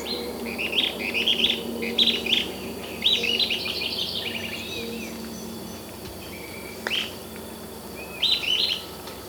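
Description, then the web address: Sooty-headed tyrannulet calls: quick bursts of high, chirpy notes in short phrases, repeated roughly every second or so at first, then more sparsely, with faint steady background hum and other soft notes. Recorded in Ecuador. "Birds of Ecuador 3-03 Sooty-Headed Tyrannulet"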